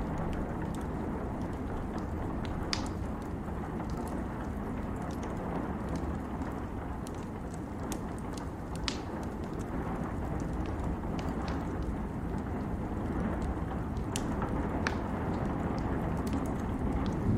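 A fireplace burns on a rainy night, with a steady, dense low rumble and hiss filling the whole span. Small crackles and pops break through irregularly, a few every couple of seconds, sharper ones near 3, 9 and 15 seconds, while the level stays even throughout.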